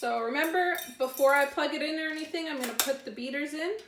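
Metal beaters are being handled for insertion into the sockets of a handheld electric mixer before it is plugged in, so that once clicked in they will not fall out. Someone talks throughout, with light metallic clinks of the beaters. Nothing has seated or clicked yet.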